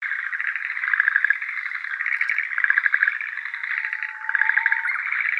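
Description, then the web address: Schlegel's green tree frog chorus: dense overlapping pulsed croaking trills, swelling and easing in waves with several louder bursts, no other sounds. Recorded 9 April 2013. "birdenaga syurehgeruaogaeru"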